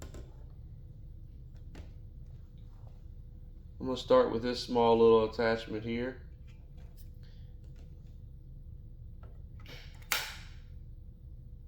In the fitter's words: I tell you what y'all, when it clicks in place, that is a very satisfying sound.